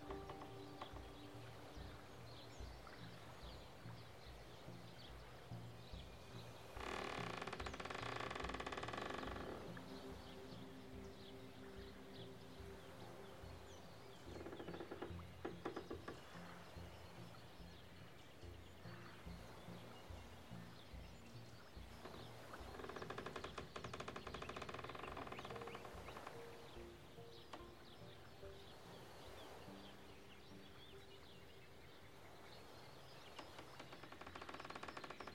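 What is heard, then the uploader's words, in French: Outdoors at a lakeside, a steady low hum runs under rapid rattling textures, swelling into louder, brighter bursts near 7, 15 and 25 seconds. Au bord d'un lac Canadien bercé par les sons de la nature.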